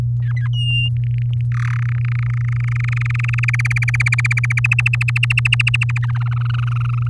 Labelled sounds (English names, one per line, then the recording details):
Domestic Canary song
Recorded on 6 May 2018 at 15:54
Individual llb16